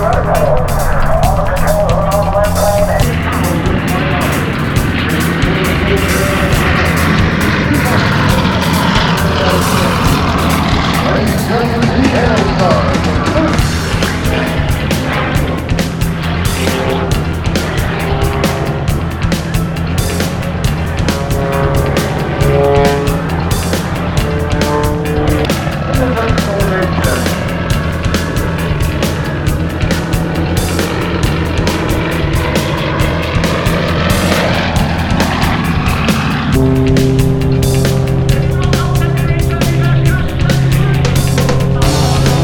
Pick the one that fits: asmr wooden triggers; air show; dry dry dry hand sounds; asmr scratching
air show